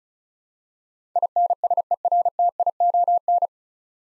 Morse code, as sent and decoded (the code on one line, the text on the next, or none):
.. -. ... . .-. - .. --- -.
INSERTION